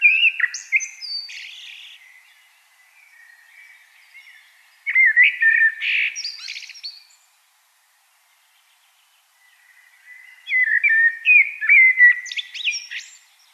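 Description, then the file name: Common blackbird song in three bursts of fluty, warbling notes ending in high twittering squeaks, separated by silent pauses. "Turdus merula"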